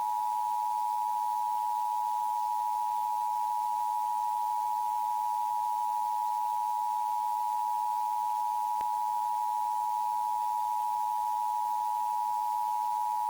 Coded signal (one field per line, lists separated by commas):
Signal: Emergency Alert System (SAME) tones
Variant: 853 and 960 Hz attention tone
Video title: EAS Changers